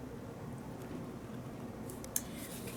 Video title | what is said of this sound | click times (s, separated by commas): Skill 8: Measure and Record Contents of Urinary Drainage Bag | Okay, so now you're going to close it. You'll hear a click. | 2.2 s